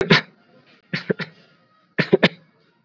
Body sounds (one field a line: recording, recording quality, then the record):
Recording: shallow voluntary cough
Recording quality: moderate, slight background noise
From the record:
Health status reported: COVID-19 positive, mild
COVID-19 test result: positive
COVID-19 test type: RT-PCR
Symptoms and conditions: fever, fatigue, muscle pain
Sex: male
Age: 27 years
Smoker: no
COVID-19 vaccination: both doses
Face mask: worn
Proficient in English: yes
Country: India